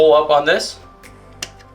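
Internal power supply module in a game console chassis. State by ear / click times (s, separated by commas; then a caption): released / 1.4 s. Someone talks over background music while an internal module of a Microsoft Xbox One X, likely the power supply, is pulled up out of its mount in the console chassis during disassembly for a disc drive replacement. A single sharp pop at 1.4 s marks the module breaking free of its seat.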